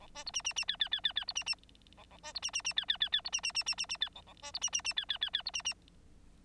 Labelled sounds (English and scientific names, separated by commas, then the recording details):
Bengalese Finch (Lonchura striata domestica) song
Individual Bird9